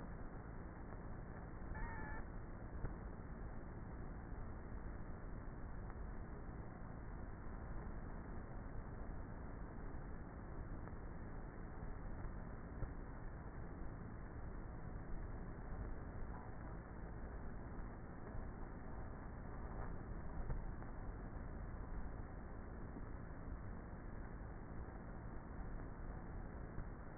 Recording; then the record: honeybee colony, microphone inside the hive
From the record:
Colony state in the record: queenless with a low population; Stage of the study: before two queens were removed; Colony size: about 30,000 bees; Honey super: no